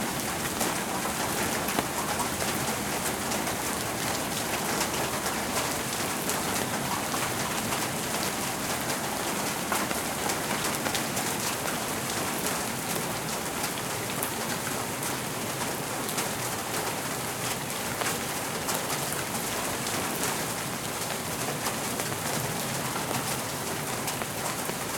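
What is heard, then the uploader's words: Steady, dense rainfall hisses evenly throughout, bright, with fine crackling drops on surfaces and a faint bird call underneath. Rainfall.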